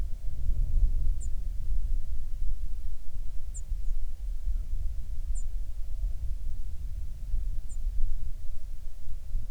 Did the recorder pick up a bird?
yes